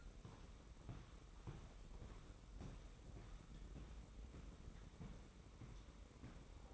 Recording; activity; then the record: daily activity, microphone in the room; walk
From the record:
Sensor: 1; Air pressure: 990.7 hPa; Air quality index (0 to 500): 152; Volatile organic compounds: 1000 ppm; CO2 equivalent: 5520 ppm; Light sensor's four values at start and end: 22/54/22/24 and 25/59/25/27